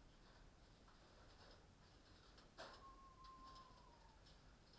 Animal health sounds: poultry house recording; healthy chickens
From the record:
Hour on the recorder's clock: 21

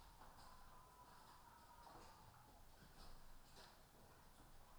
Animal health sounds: poultry house recording; healthy chickens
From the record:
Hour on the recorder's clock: 13

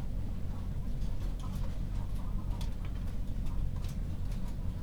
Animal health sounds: poultry house recording; healthy chickens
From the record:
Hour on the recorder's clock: 22

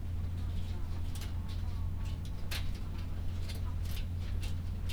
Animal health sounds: poultry house recording; sick chickens (respiratory disease)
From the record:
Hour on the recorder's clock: 12

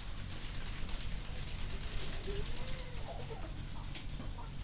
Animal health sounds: poultry house recording; healthy chickens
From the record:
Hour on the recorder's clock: 1

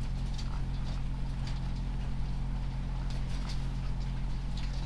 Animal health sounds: poultry house recording; sick chickens (respiratory disease)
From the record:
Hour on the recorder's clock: 21

